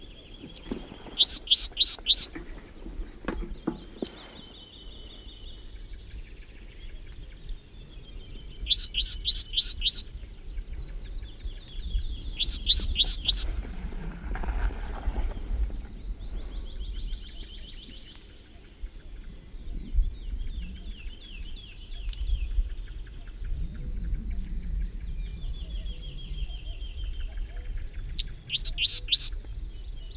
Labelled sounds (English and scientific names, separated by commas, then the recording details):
Sombre Tit (Poecile lugubris)
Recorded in the wild
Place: Lakatnik, Sofia, BG
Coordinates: 43.053, 23.409
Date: 1974-05-17
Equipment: Nagra III BH, Sennheiser MD 21, parabola
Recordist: Schubert, Michael